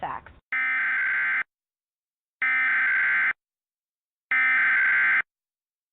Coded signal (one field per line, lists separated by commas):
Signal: Emergency Alert System (SAME) tones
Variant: header bursts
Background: speech